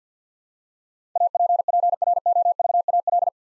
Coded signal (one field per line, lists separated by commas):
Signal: Morse code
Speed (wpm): 50 wpm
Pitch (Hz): 700 Hz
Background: none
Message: APPROVAL